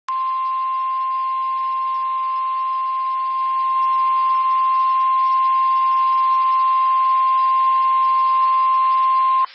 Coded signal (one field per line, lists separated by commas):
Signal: Emergency Alert System (SAME) tones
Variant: 1050 Hz attention tone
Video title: Severe T-Storm Warning (EAS #10) 5/19/13